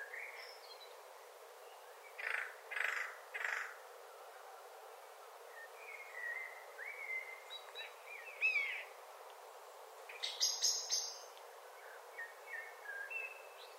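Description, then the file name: Eurasian jay harsh rasping calls, three noisy bursts in quick succession early on, with thin whistled notes from other birds and a high chattering burst later. "Garrulus glandarius"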